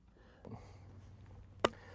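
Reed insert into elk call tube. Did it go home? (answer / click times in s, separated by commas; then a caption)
yes / 1.7 s. A reed insert, held by its cap, is pushed into the tube of a hunting elk call, with a faint handling bump near 0.5 s over low background noise. A single sharp, bright click rings out at 1.7 s as the insert snaps into the tube and seats.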